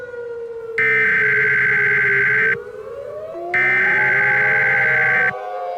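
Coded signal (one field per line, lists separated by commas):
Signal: Emergency Alert System (SAME) tones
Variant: header bursts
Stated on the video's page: Fictional EAS scenario, not a real alert.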